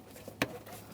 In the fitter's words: we are, I got a nice little click from that.